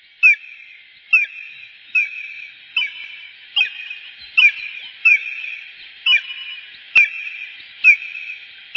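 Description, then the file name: Bonelli's eagle giving a long series of clipped, slightly inflected yelps, roughly one every second, against a faint hiss. "aigle de bonelli"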